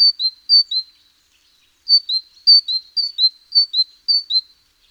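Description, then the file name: Great tit song: a steady run of ringing two-note phrases, high then low, after a brief opening burst of two. "Parus major"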